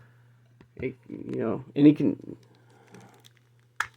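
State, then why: Released. A removable plastic accessory piece is pulled off a Masters of the Universe MasterVerse New Eternia Man-At-Arms action figure while someone talks. After the talking, a few faint ticks lead to a single sharp snap at 3.8 s as the piece pops off and is released.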